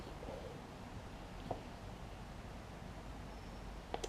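A rubber primer bulb is pressed into the carburetor of a small Murray push mower engine after a long struggle. Over a low, steady background there is a faint tap near 1.5 seconds, then two sharp clicks at 3.9 and 4.0 seconds as the stubborn bulb finally pops home and seats.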